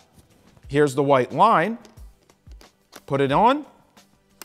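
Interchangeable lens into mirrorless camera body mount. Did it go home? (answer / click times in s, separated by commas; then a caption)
yes / 4.4 s. An interchangeable lens is placed on a Sony a7C II mirrorless camera body mount with the white dots aligned while someone talks, followed by a few small handling taps. The lens bayonet clicks into the mount at 4.4 s and the lens is seated.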